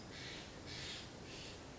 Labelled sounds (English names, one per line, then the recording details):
Steller's Jay
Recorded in Sonoma County, California